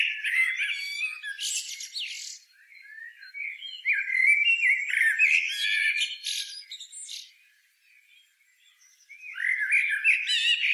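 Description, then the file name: Common blackbird uttering rasping, squealing call notes in long bursts with a near-silent gap late on, then a fresh loud burst of chatter. "Turdus merula"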